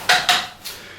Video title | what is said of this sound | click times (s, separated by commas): Joie Tourist features and using as pram & travel system | Hear the click, we're good to go, and off we go for our journey. | 0.3 s